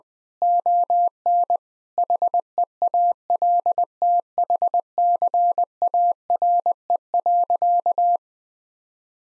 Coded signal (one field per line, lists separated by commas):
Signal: Morse code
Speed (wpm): 20 wpm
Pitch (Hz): 700 Hz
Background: none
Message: ON HEALTHCARE.